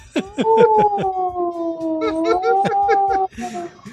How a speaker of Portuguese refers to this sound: Então, liga aí a sonoplastia da sirene, mano, é o rápido.